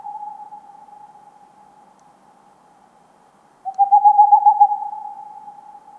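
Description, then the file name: Tengmalm's owl song: a fading tone from earlier hooting, then one quick run of rapid hollow hoots about two-thirds through, lingering afterward. "Digiffects Sound Effects Library - Tengmalms Owl"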